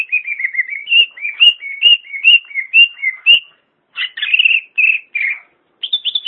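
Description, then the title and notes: Greater green leafbird song: clear whistled notes around a steady pitch, given in quick repeated phrases, then richer warbled and chattering phrases after short pauses; no other sounds. "Suara Kicauan Burung Cucak Ijo"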